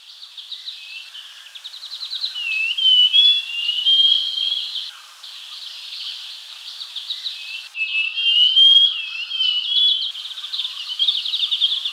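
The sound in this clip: Scaly-crowned babbler song: two phrases, each a quick run of short notes leading into clear whistled notes that slide up and down.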